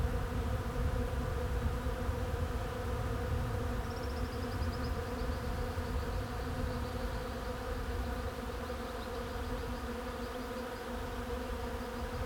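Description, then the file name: Bees humming, a constant low buzzing drone with even overtones; from about four seconds a faint high pulsed trill runs above it. "abeilles"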